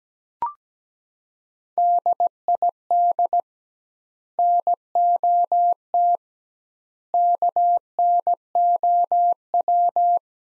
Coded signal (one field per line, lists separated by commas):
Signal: Morse code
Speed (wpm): 17 wpm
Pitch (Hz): 700 Hz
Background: none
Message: DID NOT KNOW